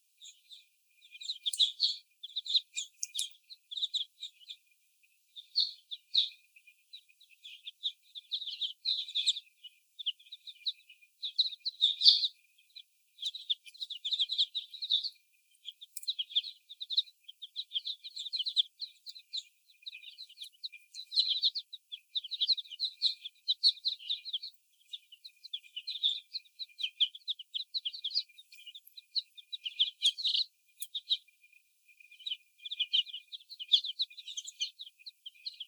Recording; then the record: young laying hens in a cage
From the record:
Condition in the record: before the stressor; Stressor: sudden umbrella opening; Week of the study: 1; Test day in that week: 1